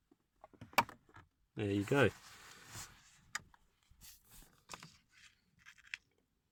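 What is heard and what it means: The remaining side of a plastic AUX port trim panel in a BMW's centre console is pressed home by hand, and the last trim clip snaps into place with a sharp click at 0.8 s, confirming it is seated. Someone talks afterwards, with a few lighter clicks and handling sounds following.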